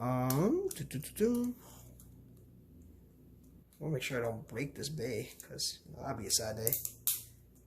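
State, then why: Seated. While someone talks, a plastic part of a Beyblade Burst Sparking Brave Valkyrie spinning top is twisted into the top's assembly. A single sharp click sounds at 7.1 s as the part locks into place.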